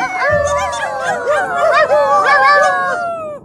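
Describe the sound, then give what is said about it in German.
A Paw Patrol sea-pup (Meerfell) mother, swimming beside a boat with her baby, sings in long, wavering, howl-like tones, several voices overlapping and sliding up and down in pitch, loud and continuous for a few seconds with no talking. “Das ist ein richtig schöner Meeresgesang.”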